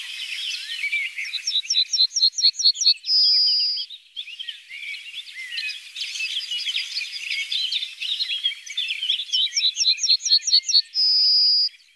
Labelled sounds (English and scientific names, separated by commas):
Yellowhammer (Emberiza citrinella) song